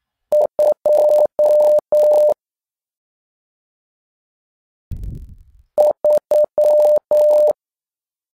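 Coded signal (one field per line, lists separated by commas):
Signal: Morse code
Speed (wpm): 9 wpm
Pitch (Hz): 600 Hz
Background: none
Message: 2 3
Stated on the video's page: Morse lesson for the digits 0 to 9.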